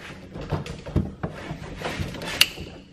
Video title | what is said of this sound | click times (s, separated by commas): E90 BMW Leak Detection Pump DIY | reassuring click sound and it's not going anywhere after that | 2.4 s